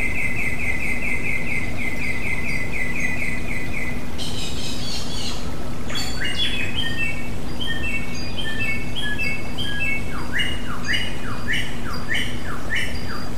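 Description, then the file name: Samyong song opens with a long, even rapid trill, breaks into a buzzy burst, then moves on to varied chirps and repeated down-slurred notes; a low hum continues throughout. Therapy sound recording of samyong song for cage birds. "suara terapi samyong omkicau"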